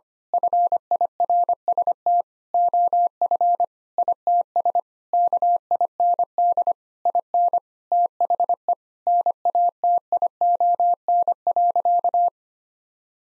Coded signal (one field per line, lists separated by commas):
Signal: Morse code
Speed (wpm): 25 wpm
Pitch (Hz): 700 Hz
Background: none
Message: FIRST OF ITS KIND IN THE NATION.